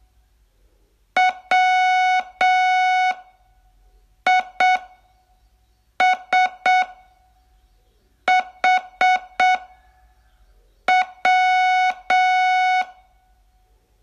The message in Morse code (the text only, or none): WISHW